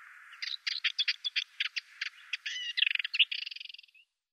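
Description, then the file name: Ménétries's warbler with a quick series of dry chattering notes that speeds into a buzzy rattle before fading out. "Menetries Warbler"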